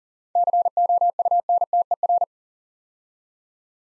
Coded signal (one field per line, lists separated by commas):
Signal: Morse code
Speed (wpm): 42 wpm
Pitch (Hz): 700 Hz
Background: none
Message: COUNTER